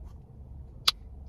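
A plastic mounting bracket is pushed onto the holder of an Ohrex Bluetooth GPS navigation unit over a low, steady background rumble. A single sharp, bright snap sounds at 0.9 s as the mount pops and seats into place.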